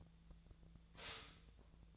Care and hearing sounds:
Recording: daily activity, microphone in the room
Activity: stop toaster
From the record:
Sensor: 3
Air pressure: 1009.2 hPa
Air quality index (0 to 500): 198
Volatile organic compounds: 17 ppm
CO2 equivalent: 2566 ppm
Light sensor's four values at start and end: 32/79/34/36 and 32/79/34/36

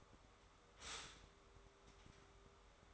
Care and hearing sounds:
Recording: daily activity, microphone in the room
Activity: stop toaster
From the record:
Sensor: 3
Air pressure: 1014.7 hPa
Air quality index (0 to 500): 197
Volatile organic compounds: 24 ppm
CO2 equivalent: 2824 ppm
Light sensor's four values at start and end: 4/11/4/4 and 4/11/4/4

